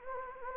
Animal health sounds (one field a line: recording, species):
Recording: mosquito wingbeat signal from an infrared sensor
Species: Anopheles gambiae